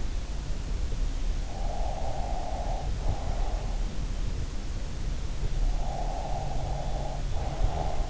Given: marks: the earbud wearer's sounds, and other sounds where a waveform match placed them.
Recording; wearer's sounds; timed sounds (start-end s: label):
sounds in sleep by an in-ear microphone; breath
1.38-3.77 s: breath
5.51-8.10 s: breath